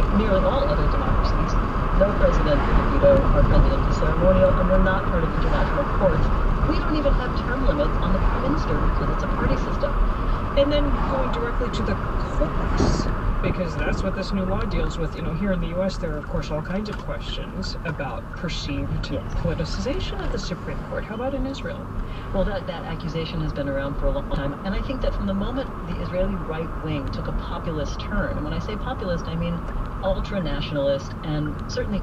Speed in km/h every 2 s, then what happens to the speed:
81, 79, 76, 72, 69, 64, 56, 45, 32, 21, 26, 31, 34, 32, 31, 27.
0-18 slows to 21. 18-23 speeds up to 34.